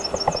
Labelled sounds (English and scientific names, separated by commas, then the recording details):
Yellowhammer (Emberiza citrinella) song
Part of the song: start
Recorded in the Czech Republic on 26 March 2015
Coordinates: 49.503, 14.559
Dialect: BhBl
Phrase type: E43
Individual 15KH